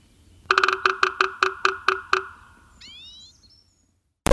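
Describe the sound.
Red-naped sapsucker drumming: a quick flurry of taps, then slower, evenly spaced knocks, followed by a short, thin rising sound.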